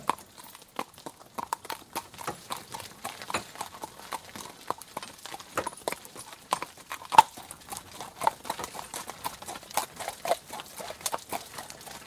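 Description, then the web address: Horse: steady quick clopping of hooves, with some noise from cart and harness. Horse pulling a cart with pneumatic tyres on a wet track; some noise from cart and harness. "Sound Effects-BBC Horses Carts. wet track pulling cart some noise from cart and harness cart has pneumatic tyres"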